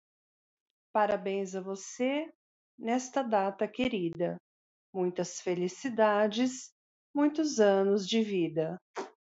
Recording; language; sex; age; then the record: short text; Brazilian Portuguese; female; 40 to 49 years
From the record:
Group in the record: control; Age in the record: 48 years